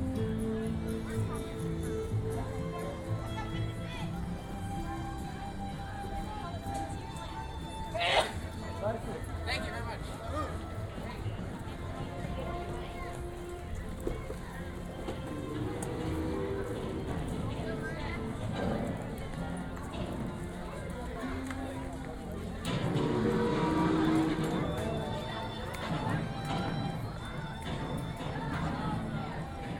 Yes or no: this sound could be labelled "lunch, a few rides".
yes